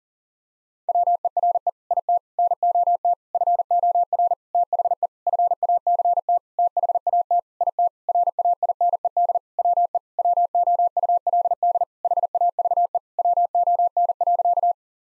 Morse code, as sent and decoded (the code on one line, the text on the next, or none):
.-- . .-. . / .. - / -. --- - / ..-. --- .-. / - .... . / ..-. .- -.-. - / - .... .- - / .. - / .-. .- .. -. . -.. / .-- . / .-- --- ..- .-.. -.. / .... .- ...- . / .-- --- -. .-.-.-
WERE IT NOT FOR THE FACT THAT IT RAINED WE WOULD HAVE WON.